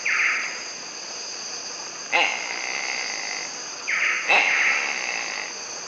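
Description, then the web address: Black-collared hawk calling with hoarse, rasping notes and a longer level tone, repeated twice in six seconds against constant high-pitched insect buzzing. Calls; South America, eastern lowlands. "Natures Songs S America Eastern Lowlands Busarellus nigricollis, calls"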